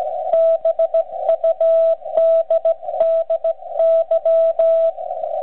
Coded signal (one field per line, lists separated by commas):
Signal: Morse code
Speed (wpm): 16 wpm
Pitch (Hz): 660 Hz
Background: radio noise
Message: BUDDY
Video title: OLD TIMERS' CW PRACTICE - BUGS AND STRAIGHT KEYS